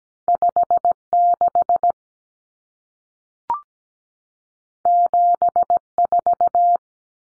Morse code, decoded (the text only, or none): 56 74